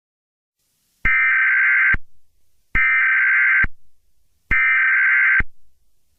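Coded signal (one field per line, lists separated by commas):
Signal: Emergency Alert System (SAME) tones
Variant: header bursts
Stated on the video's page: Fictional EAS scenario about a school shooting.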